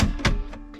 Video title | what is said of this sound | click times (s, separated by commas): Kitchen Build Part 2 in self build campervan Ducato / Relay / Boxer / Promaster | so how this is gonna work is that will lift up and go click | 0.2 s